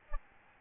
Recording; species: mosquito wingbeat signal from an infrared sensor; Aedes albopictus